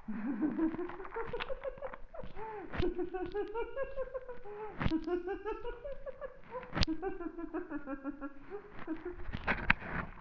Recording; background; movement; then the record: laughter; quiet; sitting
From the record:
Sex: female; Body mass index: 36.4 kg/m2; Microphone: on the chest, facing the body